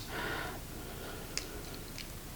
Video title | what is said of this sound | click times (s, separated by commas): Lego Bricklink Unboxing MEGA ORDER Ep 12: | hear that snap you know you got it all right | 1.4 s